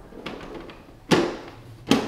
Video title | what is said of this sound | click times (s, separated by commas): Heating and Cooling with a Ductless Heat Pump - English | can hear it pop in place and that's it | 1.9 s